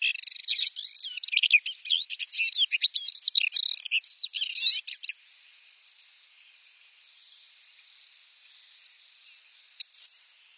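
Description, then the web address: Paddyfield warbler song, a fast, jumbled chatter of high scratchy and whistled notes for about five seconds, then quiet with one short high note near the end. "Schulze Peter Paddyfield Warbler song"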